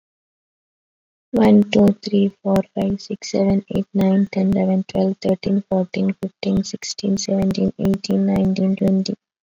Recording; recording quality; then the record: counting at a normal pace; excellent, no background noise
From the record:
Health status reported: exposed to COVID-19, no respiratory illness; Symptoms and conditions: cough, breathing difficulty, fever, fatigue, muscle pain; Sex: female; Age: 25 years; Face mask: not worn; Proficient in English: yes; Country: India